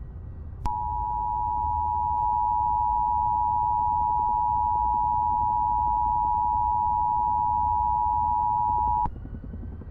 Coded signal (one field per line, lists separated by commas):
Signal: Emergency Alert System (SAME) tones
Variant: 853 and 960 Hz attention tone